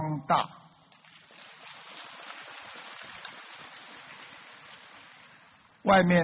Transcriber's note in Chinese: 掌声